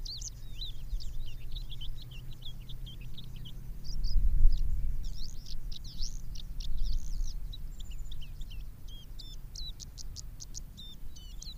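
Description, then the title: Javan bush lark singing a long, busy stream of high twittering and up-slurred notes in quick succession, with a low engine-like rumble underneath throughout. "Suara Burung Branjangan"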